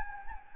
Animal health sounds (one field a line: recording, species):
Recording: mosquito wingbeat signal from an infrared sensor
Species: Anopheles gambiae